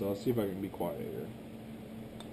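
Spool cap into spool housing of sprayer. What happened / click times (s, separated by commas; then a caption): The spool is being handled but has not yet seated / none. During reassembly of a Nova 700 sprayer, the spool is being dropped in and pushed forward so the spool cap goes into the spool housing, while someone talks over a steady low hum. Only handling is heard, with a faint brief tick near the end; the spool cap has not yet clicked or seated in the spool housing.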